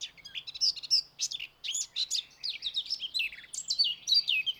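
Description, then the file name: Eurasian blackcap delivering a lively, scratchy warble with short bursts of clear whistled notes, continuing steadily throughout. "Sylvia atricapilla"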